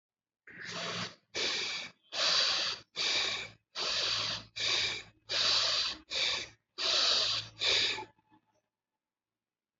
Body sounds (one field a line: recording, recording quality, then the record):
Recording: shallow breathing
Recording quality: excellent, no background noise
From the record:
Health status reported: healthy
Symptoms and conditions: none ticked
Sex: male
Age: 28 years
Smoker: not ticked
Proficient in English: yes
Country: India